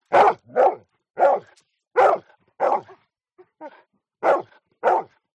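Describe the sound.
Dog barking, about seven sharp barks with short pauses between them and a few softer, quieter yelps in the middle.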